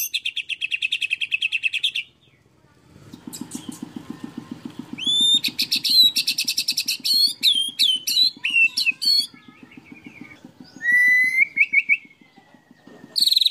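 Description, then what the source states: Canary singing a fast trill, then a low buzzy rattle under a burst of sharp chirps and swept notes, ending with another trill. Long-duration canary song, used as a complete bird master (tutor) song.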